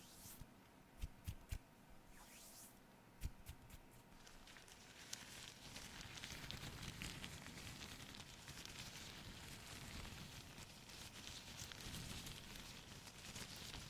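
Camera cleaning sounds: a few sharp taps and clicks in the first four seconds, then a steady, dense rubbing and brushing that fills the rest. The wiping is bright and crackly, rising and falling slightly in waves, with a faint low hum underneath.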